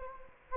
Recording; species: mosquito wingbeat signal from an infrared sensor; Anopheles gambiae